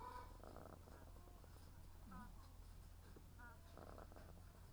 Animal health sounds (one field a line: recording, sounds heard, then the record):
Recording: poultry house recording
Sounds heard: sick chickens (respiratory disease)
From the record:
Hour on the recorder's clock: 17